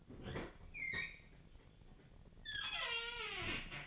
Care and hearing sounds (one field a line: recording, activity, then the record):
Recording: daily activity, microphone in the room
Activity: open fridge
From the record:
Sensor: 4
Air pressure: 1010.5 hPa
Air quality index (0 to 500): 178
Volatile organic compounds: 5 ppm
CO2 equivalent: 1808 ppm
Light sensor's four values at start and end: 32/95/37/37 and 28/85/33/33